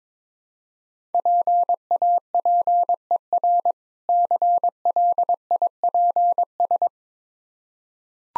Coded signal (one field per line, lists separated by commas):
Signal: Morse code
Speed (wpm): 22 wpm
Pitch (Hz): 700 Hz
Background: none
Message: PAPER CLIPS